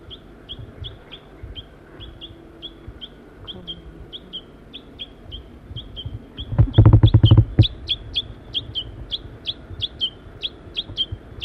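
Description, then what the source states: Crossbill calls, short sharp chips repeated rapidly, with a brief loud noise burst midway. Crossbill family feeding in Virginia and Table Mountain pines; female and juvenile present, flying off.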